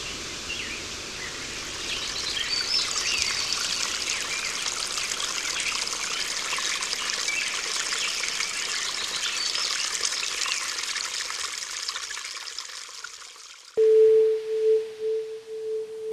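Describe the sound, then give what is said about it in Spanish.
Tap water runs and pours from a tap in a steady, bright hiss for about fourteen seconds, in a community in Amecameca, State of Mexico, then cuts off abruptly and gives way to a sustained electronic tone. “Son pocos los días en que tenemos agua corriente de la llave.”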